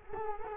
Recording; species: mosquito wingbeat signal from an infrared sensor; Culex quinquefasciatus